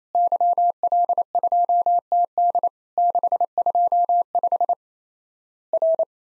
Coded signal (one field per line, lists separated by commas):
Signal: Morse code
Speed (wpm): 28 wpm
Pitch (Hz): 700 Hz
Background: none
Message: YL2TD 625 R